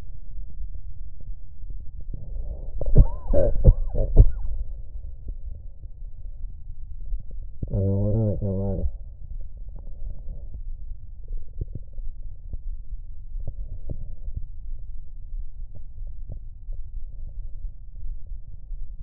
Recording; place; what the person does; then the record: lung sounds by stethoscope; right anterior apical chest; quiet breathing, then cough and speech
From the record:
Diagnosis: COPD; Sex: male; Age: 81 years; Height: 166 cm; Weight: 98.7 kg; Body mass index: 35.8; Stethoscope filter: extended mode